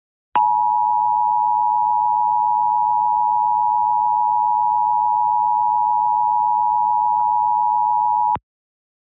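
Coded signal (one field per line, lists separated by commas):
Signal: Emergency Alert System (SAME) tones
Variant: 853 and 960 Hz attention tone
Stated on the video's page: Mock EAS civil emergency message.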